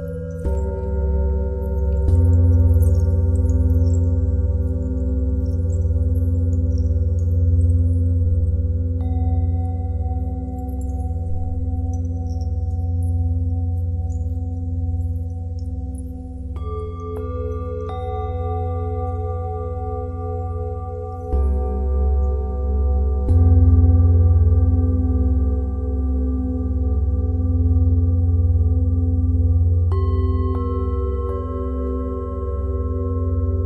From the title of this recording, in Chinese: 钵音疗愈冥想